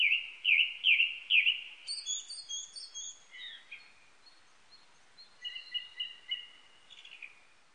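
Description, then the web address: Japanese thrush singing: a run of four loud, clear repeated whistled phrases, then varied high twittering and softer whistled notes trailing off. Recorded 19 April 1998. "1998 980419 kurotugumi"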